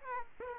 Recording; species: mosquito wingbeat signal from an infrared sensor; Aedes aegypti